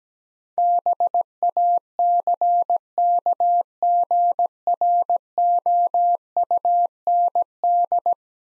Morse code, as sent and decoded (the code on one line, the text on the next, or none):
-... .- -.-. -.- --. .-. --- ..- -. -..
BACKGROUND